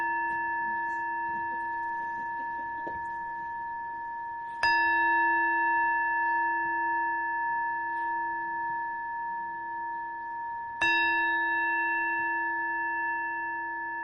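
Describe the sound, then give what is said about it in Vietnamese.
A temple bell struck three times to begin a Buddhist morning session in El Monte, California, USA, on 4 June 2014, at slow, spaced intervals, each strike blooming into a deep, resonant hum with shimmering overtones that rings on and overlaps the next. No voices are heard. “chúng ngồi lắng lòng và chúng ta nghe ba tiếng chuông để bắt đầu buổi sinh hoạt sáng mai.”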